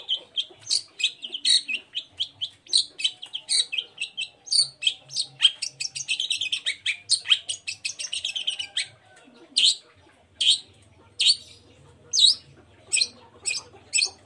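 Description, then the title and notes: Long-tailed shrike song: a long, busy, varied chatter of squeaky and scratchy notes, changing to loud single notes repeated in a quick series. Morning singing with full variation of 'toet toet' notes, used as a lure to provoke other long-tailed shrikes to answer and join in. "Cendet Gacor Dor Di Kala Pagi Toet Toet Variasi Suara. Pancingan Emosi Cendet Gacor Full Variasi Toet Toet Bikin Nyaut Cendet Lain Langsung Ikutan Bunyi. Burung cendet"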